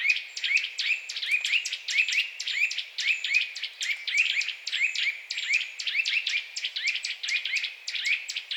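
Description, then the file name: Eurasian nuthatch giving a rapid, continuous series of sharp chirps, several a second, throughout. "Sitta europaea"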